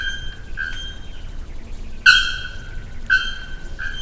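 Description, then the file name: Bare-throated bellbird calling: loud clanging notes, two sharply stronger, with softer ringing tones between them. Recorded at Jardim Botânico, São Paulo, Brazil, on 20 October 2010. "Procnia nudicollis-Jd Botanico-SP-20-10-10-ASilveira"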